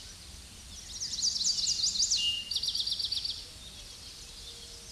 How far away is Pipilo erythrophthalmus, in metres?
about 15 m